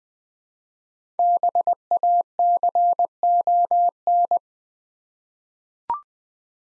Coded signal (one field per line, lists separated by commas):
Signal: Morse code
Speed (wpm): 20 wpm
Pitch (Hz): 700 Hz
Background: none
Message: BACON